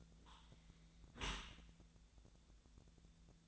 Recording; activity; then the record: daily activity, microphone in the room; close dishwasher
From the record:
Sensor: 3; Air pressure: 1000.5 hPa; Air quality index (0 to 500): 175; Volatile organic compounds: 3 ppm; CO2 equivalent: 1512 ppm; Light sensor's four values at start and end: 14/37/15/16 and 14/37/15/16